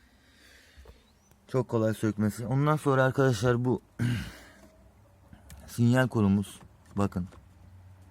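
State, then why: Not seated. A turn signal stalk switch is handled at its steering column housing during a fix for a stalk that fails to cancel, while someone talks over faint, soft handling noises. The clip ends before the part goes home, so nothing has seated or clicked yet.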